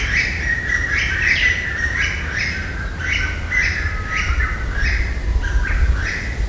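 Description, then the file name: Chinese bamboo partridge giving a repeated series of ringing phrases at a steady pace over a low background hum. "kojukei"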